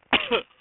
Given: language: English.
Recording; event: throat vibration sensor signal played as sound; cough